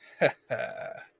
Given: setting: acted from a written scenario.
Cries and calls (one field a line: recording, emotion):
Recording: vocal sound without words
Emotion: pride